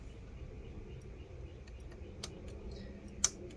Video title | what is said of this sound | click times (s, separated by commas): 2018 15" inch MacBook Pro A1990 Disassembly Liquid Damage Cleanup Motherboard Logicboard LCD Screen | sure it clicks in flat | 3.2 s